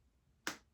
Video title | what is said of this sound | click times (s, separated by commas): Paint by Numbers with Mrs. Silva! #paint #paintbynumbers #kidsfun #fun | close it up. Listen for the click. Click, good. | 0.5 s